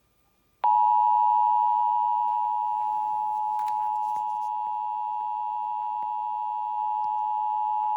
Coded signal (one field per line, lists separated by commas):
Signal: Emergency Alert System (SAME) tones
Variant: 853 and 960 Hz attention tone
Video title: EAS 678 Southern Nevada Required Monthly Test